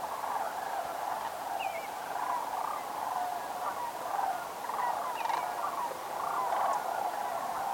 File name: Grus canadensis - Sandhill Crane